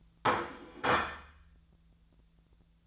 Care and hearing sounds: daily activity, microphone in the room; place plate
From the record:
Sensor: 3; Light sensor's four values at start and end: 34/84/36/38 and 33/83/35/38

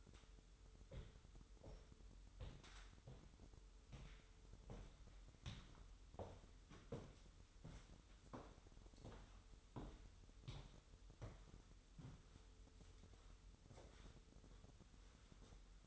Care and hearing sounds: daily activity, microphone in the room; walk to room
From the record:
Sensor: 3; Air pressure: 988.2 hPa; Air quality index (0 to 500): 183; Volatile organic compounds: 203 ppm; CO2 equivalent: 4221 ppm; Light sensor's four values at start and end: 24/75/31/27 and 23/73/31/26

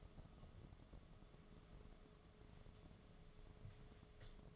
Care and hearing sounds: daily activity, microphone in the room; take from stove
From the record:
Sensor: 4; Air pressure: 1011.1 hPa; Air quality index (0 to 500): 145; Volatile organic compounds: 3 ppm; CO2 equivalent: 1480 ppm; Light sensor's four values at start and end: 179/466/197/205 and 166/432/183/190

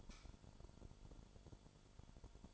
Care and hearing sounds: daily activity, microphone in the room; light on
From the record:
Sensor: 5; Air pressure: 1008.0 hPa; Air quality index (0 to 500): 103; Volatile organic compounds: 1 ppm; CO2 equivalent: 802 ppm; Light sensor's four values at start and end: 37/87/36/36 and 38/87/36/37

